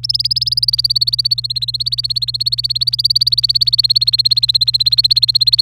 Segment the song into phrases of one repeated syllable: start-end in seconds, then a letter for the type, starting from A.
0.03-5.62 A